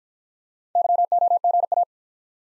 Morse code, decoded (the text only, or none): YOGA